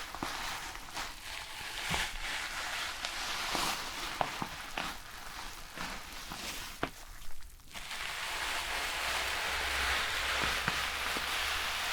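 Shampoo being worked through hair makes a dense, wet, hissing rustle that runs almost without a break. Sharp little clicks and squishes pop up every second or so, with a brief quieter gap near eight seconds before the steady rubbing returns.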